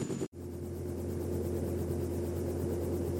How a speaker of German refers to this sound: Der Helikopter fliegt nah an sie heran. Ich kann sie fast anfassen.